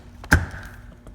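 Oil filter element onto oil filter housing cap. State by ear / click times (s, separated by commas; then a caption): seated / 0.3 s. A new paper oil filter element is pushed onto a plastic oil filter housing cap on an E36. A faint tap at 0.2 s is followed by a sharp click at 0.3 s with a brief ringing tail, and a soft tick comes near the end. The element is seated and confirmed clicked in at 0.3 s.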